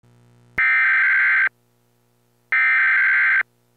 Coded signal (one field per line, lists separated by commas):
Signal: Emergency Alert System (SAME) tones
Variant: header bursts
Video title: POV: The EAS wakes you up at 1 AM